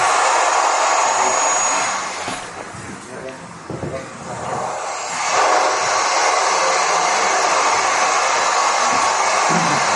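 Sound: white noise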